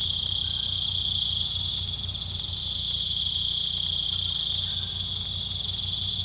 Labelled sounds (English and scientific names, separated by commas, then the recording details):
none
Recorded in pastures near Puerto Asís, Putumayo, Colombia, on 18 December 2024 at 19:30
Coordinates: 0.472, -76.331
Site GP02